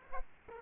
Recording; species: mosquito wingbeat signal from an infrared sensor; Aedes aegypti